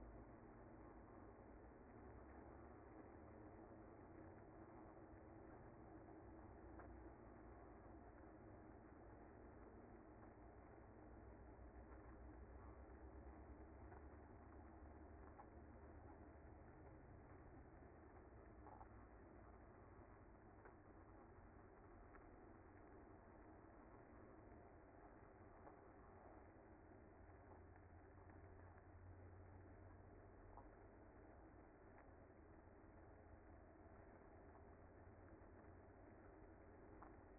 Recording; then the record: honeybee colony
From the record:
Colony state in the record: active